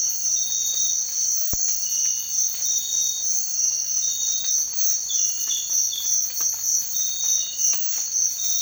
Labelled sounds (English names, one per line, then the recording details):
none
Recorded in secondary vegetation near Puerto Asís, Putumayo, Colombia, on 12 March 2025 at 06:00
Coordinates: 0.499, -76.323
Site G094